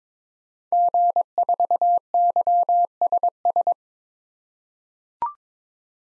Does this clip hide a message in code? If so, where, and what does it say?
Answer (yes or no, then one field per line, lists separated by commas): yes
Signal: Morse code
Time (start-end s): 0.7-3.7 s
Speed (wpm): 22 wpm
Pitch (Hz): 700 Hz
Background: none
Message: G4YSS